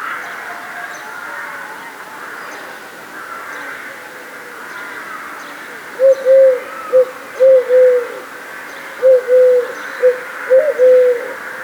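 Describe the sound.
Collared dove cooing, soft low notes in short phrases starting about six seconds in, after a stretch of steady background hum; two brief groups of coos.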